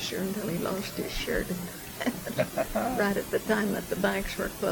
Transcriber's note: laughter from both